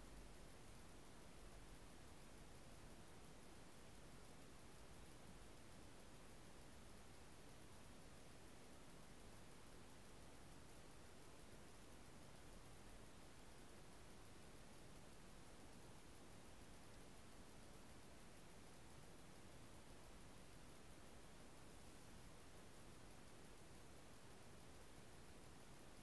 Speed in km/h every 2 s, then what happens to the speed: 0, 0, 0, 0, 0, 0, 0, 0, 0, 0, 0, 0, 0.
0-26 standing.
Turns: none.